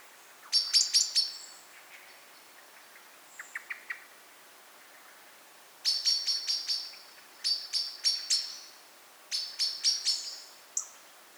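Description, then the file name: Common blackbird calling in clustered bursts of sharp, high clicks, with a softer lower trio of notes between the first and second bursts. "Turdus merula"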